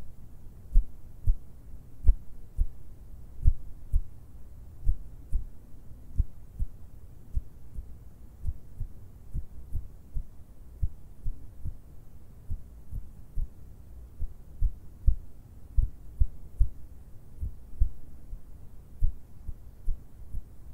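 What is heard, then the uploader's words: Hand and finger sounds: soft, low thumps and taps land irregularly, a few per second, throughout the clip. A handful of sharper clicks stand out, near the start and again around fifteen seconds, over a faint low rumble between touches. ASMR HAND SOUNDS AND FINGER SOUNDS - LO FI.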